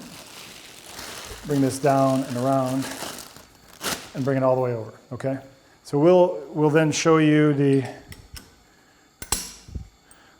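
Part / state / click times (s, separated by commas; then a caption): arm holder into table mount / seated / 9.3 s. Someone talks while an arm holder covered with its sterile sleeve is brought down, around and over to its table mount on a beach chair setup for shoulder surgery. A sharp click at 9.3 s marks the draped arm holder seating into the mount, and then the blue ring is raised to lock it in place.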